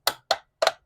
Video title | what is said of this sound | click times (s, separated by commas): Firebox Stover Burner in the Trangia - Fits Perfect! | and here you get that fantastic satisfying snap | 0.1 s, 0.3 s